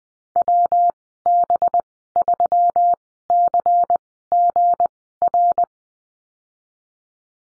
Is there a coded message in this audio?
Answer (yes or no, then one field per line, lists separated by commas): yes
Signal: Morse code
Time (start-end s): 0.4-5.6 s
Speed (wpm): 20 wpm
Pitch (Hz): 700 Hz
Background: none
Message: WB3CGR